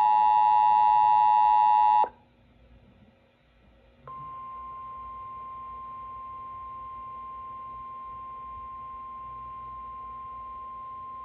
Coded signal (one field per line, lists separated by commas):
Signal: Emergency Alert System (SAME) tones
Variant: 853 and 960 Hz attention tone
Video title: Sending a Severe Thunderstorm Warning with my SAGE EAS ENDEC